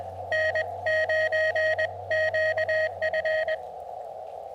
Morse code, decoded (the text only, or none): N9QF